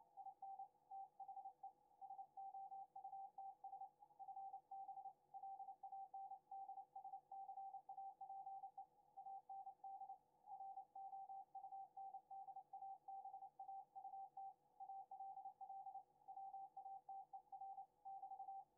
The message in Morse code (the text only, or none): IN THE SOUTS FB LANDSCAPE AND ROUNDABAUT ALL WATER <BT>